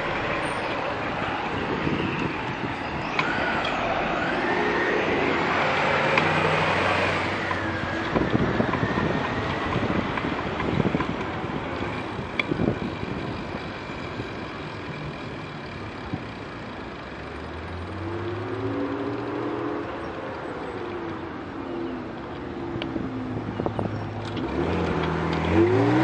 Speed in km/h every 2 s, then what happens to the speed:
0, 5, 10, 16, 19, 18, 13, 8, 4, 1, 1, 8, 12.
0-8 pulls away to 19. 8-17 slows to 1. 17-20 standing. 20-26 pulls away to 12.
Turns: none.